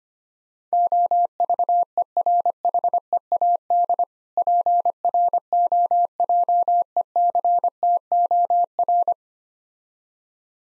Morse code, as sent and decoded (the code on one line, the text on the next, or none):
--- ...- . .-. .... . .- -.. / .--. .-. --- .--- . -.-. - --- .-.
OVERHEAD PROJECTOR